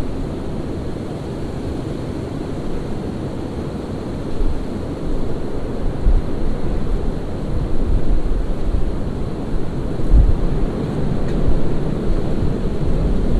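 A windstorm roars in a dense, steady low rumble that fills the whole clip. Around four seconds the wind grows louder and gustier, surging unevenly, with a few sharper buffets near ten seconds and a faint brief whine near eleven.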